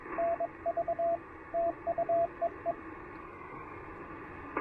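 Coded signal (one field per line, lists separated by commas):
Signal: Morse code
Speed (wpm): 21 wpm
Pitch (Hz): 690 Hz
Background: radio noise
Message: NV TU EE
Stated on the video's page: CW from a POTA activation using the Penntek TR-45L with its Z-Match tuner and internal battery.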